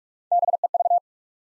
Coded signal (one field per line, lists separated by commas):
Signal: Morse code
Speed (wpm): 42 wpm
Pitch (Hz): 700 Hz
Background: none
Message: BEV